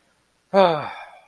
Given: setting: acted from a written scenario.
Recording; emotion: vocal sound without words; contentment